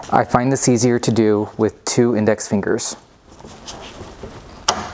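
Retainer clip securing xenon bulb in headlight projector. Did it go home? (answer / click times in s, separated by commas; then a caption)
yes / 4.7 s. On a 2012-2015 Tesla Model S headlight, the plastic retainer clip is rotated back in the opposite direction with two index fingers to lock the xenon bulb into the projector while someone talks. After the speech, a quiet stretch ends in a sharp click at 4.7 s as the clip locks the bulb in place.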